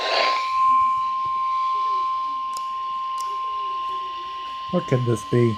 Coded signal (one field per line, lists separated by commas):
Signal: Emergency Alert System (SAME) tones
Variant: 1050 Hz attention tone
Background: speech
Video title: Severe Thunderstorm Warning Woodford IL (EAS 400)